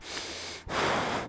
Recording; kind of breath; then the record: one breath in and out by a microphone near the nose and mouth; strong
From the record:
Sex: male